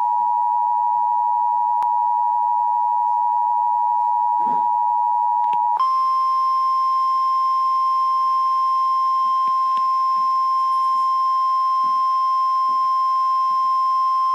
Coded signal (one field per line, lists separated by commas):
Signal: Emergency Alert System (SAME) tones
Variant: 853 and 960 Hz attention tone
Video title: EAS 1180 FLW NWS Jackson